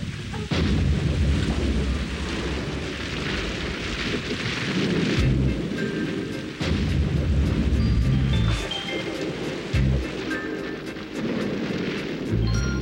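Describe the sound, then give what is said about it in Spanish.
Heavy hail pounds down in a loud, unbroken roar, thick with rapid sharp clattering impacts and occasional deep thuds throughout, with no voices. “Está granizando muy fuerte.”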